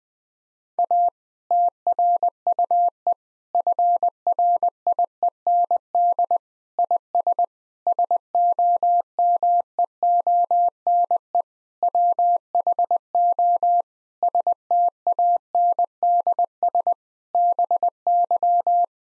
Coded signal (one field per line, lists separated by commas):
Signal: Morse code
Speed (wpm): 21 wpm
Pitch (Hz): 700 Hz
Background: none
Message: A TRUE FRIEND IS SOMEONE WHO STANDS BY